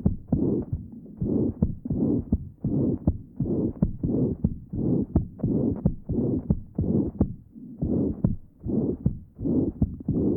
With severe mitral insufficiency, recording taken at mitral area. Note the pan-systolic murmur and the loud third sound.